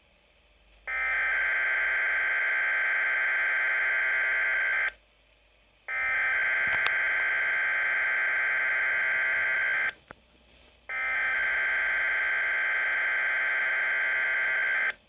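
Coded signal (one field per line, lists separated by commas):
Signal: Emergency Alert System (SAME) tones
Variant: header bursts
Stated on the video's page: Weather radio Required Weekly Test from Saskatoon transmitter on 162.550 MHz VHF, received on a Midland WR120EZ.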